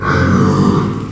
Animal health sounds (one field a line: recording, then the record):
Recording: squeal of a Yucatan mini pig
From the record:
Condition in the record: after surgery on the right vocal fold (resection and tissue-engineered implant)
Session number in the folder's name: 15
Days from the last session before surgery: 175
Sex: female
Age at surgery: 19 weeks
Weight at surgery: 25 kg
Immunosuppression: prednisolone